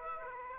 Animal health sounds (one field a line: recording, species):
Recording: mosquito wingbeat signal from an infrared sensor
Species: Aedes aegypti